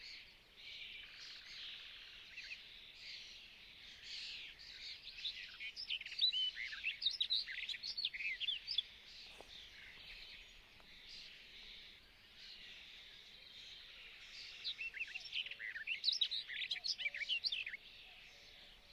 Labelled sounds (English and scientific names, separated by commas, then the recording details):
Barred Warbler (Sylvia nisoria) song
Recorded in the wild
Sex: male
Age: adult
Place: Hobrechtsfelder Rieselfelder, Naturpark Barnim, Berlin, DE
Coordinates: 52.6658, 13.4697
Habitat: open landscape
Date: 2012-05-28 08:40
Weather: 20°C, sunny, almost windless
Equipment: Sound Devices 702, Sennheiser MKH 70, Rycote Windschutz
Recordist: Frommolt, Karl-Heinz